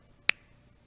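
A pin release tool is inserted into the round portion of a terminal slot in a plastic handlebar-switch connector and pushed down, unlocking the metal terminal so the wire can be slid out. A single sharp, bright click sounds at 0.3 s against a quiet background, confirming the terminal is released.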